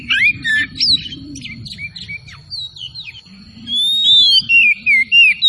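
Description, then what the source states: Oriental magpie-robin song: rich whistled phrases sliding up and down, loudest at the start and again in the last two seconds, over a steady high whine and low rumble. Kacer from Tretes, singing vigorously in gacor style.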